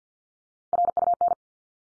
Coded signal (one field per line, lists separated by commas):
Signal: Morse code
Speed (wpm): 50 wpm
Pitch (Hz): 700 Hz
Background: none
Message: RUN